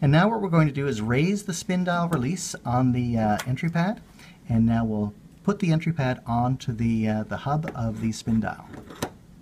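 Someone talks while the spin dial release on the keypad entry pad of an electronic safe lock is raised and the entry pad is brought onto the hub of the spin dial, with a brief sharp tap near the end. The entry pad has not snapped onto the hub yet; nothing has seated or clicked.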